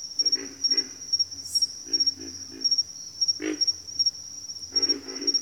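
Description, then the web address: Pig frog calls: deep, rasping grunts in quick doubled pulses, repeated in irregular clusters, with a constant shrill insect drone behind them. "Sounds of Nature Collection. Pig Frogs"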